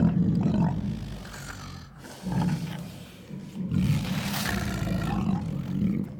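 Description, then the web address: Tiger gives a continuous low, rumbling growl that swells and fades in several pulses. "bruitage Animaux Tigre"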